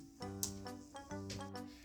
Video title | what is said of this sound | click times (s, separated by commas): How to install the Safetots Extra Tall Metal Multi panel Wall Mounting Kit - Safetots | lining the 4 things up, pushing it down, and when you hear the click it's locked. | 0.4 s